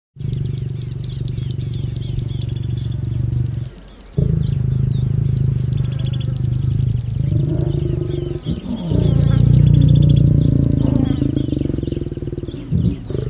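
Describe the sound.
Animal mating call: long, deep moaning roars with rich harmonics, broken by short pauses near four and eight seconds, growing louder toward the end.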